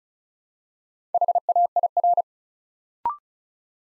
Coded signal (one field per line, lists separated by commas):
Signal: Morse code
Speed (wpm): 36 wpm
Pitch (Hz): 700 Hz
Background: none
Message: HAIR